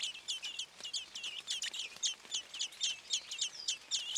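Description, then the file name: Common blackbird calls: sharp, high chinking notes repeated rapidly, about three or four each second, in an uneven, continuous series throughout. "Turdus merula"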